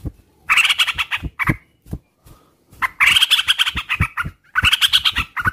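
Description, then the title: Oriental magpie-robin song in short bursts of rich, chattering whistled phrases separated by pauses, with sharp low tapping knocks throughout. Lure recording of a frequently singing (gacor) magpie-robin's whistling, used to prompt other magpie-robins to answer. "Pancingan Suara Siulan Kacer Gacor Mantap Untuk Memancing Kacer Lain Agar Mau Nyaut Bunyi"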